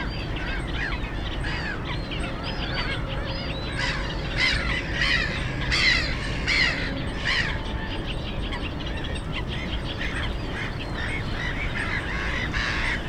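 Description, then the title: Black-headed gulls giving harsh, clipped screeching calls in bursts, with quieter gulls, a faint steady tone and low traffic rumble. Many black-headed gulls, loudest of plentiful birds on ponds of a former coal-mining area, Frog Ponds nature complex, Bytom, Poland; road DK79 and railway noise. "Żabie Doły, Bytom, Polska - Black-headed gulls at Frog Ponds complex"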